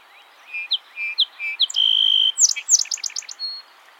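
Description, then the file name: Song sparrow song: three or four spaced sweet whistles, a long level buzzy note, then a quick run of ringing trilled notes and a thin final whistle. "Melospiza melodia - Song Sparrow"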